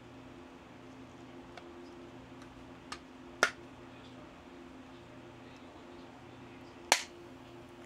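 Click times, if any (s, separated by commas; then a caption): 3.4 s, 6.9 s. With the battery off, the plastic case of a Quansheng UV-KF handheld radio is pried apart, giving small ticks at about 1.6 s and 2.9 s over a steady low hum. Its snap-fit clips then let go with two loud, sharp snaps at 3.4 s and 6.9 s that sound as if the case might break. The case clips are released.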